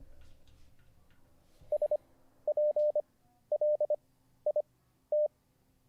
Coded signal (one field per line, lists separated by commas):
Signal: Morse code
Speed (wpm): 25 wpm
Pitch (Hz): 600 Hz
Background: none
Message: SPLIT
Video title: How to Learn Morse Code (Day 40) [Livestream]